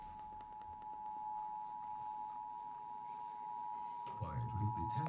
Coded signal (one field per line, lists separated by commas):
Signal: Emergency Alert System (SAME) tones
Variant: 853 and 960 Hz attention tone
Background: speech